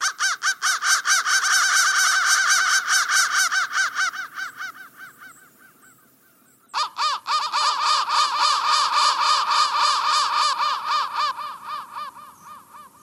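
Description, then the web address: Crow caws: harsh, rapid overlapping calls that fade to near silence around six seconds, then burst back loudly and continue densely to the end. "soundfactory crow"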